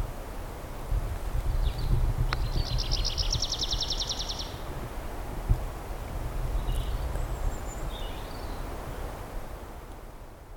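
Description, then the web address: Tree pipit song, a fast trill of rapidly repeated high notes lasting about one and a half seconds, then a few scattered chirps, over steady low rumbling background noise. "linnut metsakirvinen"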